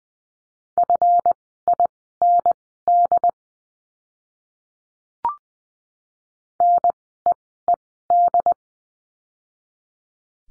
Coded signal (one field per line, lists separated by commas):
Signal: Morse code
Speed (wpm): 20 wpm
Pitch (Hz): 700 Hz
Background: none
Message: FIND NEED